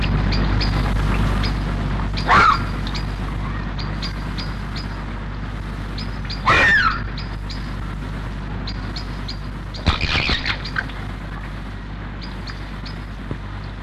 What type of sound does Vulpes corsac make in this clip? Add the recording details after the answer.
barking. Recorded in captivity. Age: adult. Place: Tierpark Berlin, Berlin, DE. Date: 1964-01-22. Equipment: Englisches Reportergerät, Kopie BG 26/1. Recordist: Altmann, Dagmar